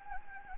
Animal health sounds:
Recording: mosquito wingbeat signal from an infrared sensor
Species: Anopheles gambiae

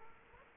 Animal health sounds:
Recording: mosquito wingbeat signal from an infrared sensor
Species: Aedes aegypti

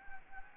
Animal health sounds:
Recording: mosquito wingbeat signal from an infrared sensor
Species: Anopheles gambiae

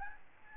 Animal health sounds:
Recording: mosquito wingbeat signal from an infrared sensor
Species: Aedes albopictus

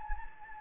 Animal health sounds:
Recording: mosquito wingbeat signal from an infrared sensor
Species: Anopheles gambiae

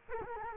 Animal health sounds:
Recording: mosquito wingbeat signal from an infrared sensor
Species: Culex quinquefasciatus

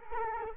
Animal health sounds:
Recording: mosquito wingbeat signal from an infrared sensor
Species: Culex quinquefasciatus

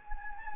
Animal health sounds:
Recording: mosquito wingbeat signal from an infrared sensor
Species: Anopheles gambiae

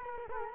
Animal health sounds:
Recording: mosquito wingbeat signal from an infrared sensor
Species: Culex quinquefasciatus

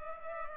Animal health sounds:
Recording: mosquito wingbeat signal from an infrared sensor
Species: Culex pipiens

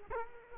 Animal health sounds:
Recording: mosquito wingbeat signal from an infrared sensor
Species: Culex quinquefasciatus

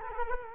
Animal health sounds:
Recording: mosquito wingbeat signal from an infrared sensor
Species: Culex quinquefasciatus

